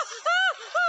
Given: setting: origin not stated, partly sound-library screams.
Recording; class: one-second piece from a danger detection set; woman in danger